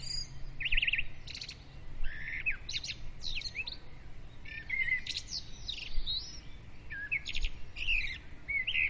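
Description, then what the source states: Bird chorus of rapid trills, buzzy chirps and slurred whistles, dense and continuous, with a low hum at the start. Birds' dawn praise (dawn chorus), recorded with a ZOOM recorder.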